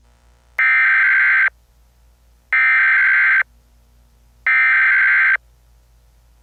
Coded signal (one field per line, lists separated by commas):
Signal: Emergency Alert System (SAME) tones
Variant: header bursts